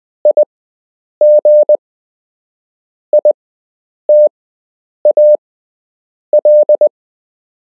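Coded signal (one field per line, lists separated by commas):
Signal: Morse code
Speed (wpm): 20 wpm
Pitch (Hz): 600 Hz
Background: none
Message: IGITAL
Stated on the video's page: Morse code lesson for beginners with structured practice.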